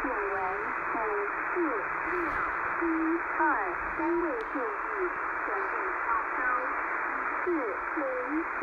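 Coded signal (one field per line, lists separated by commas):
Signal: numbers station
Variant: V13, Chinese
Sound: short spoken syllables, possibly numbers, voiced through heavy shortwave hiss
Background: radio static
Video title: Websdr: V13 Taiwanese Numbers Station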